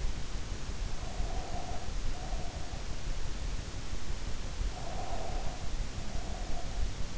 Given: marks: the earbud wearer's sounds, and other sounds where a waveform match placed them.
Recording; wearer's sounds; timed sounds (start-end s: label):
sounds in sleep by an in-ear microphone; breath
0.98-2.80 s: breath
4.59-6.96 s: breath